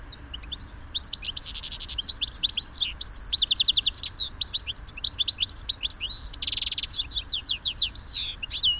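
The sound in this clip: European goldfinch giving rapid, liquid twittering calls and tinkling chirps, dense and continuous with brief buzzy bursts between the twitters.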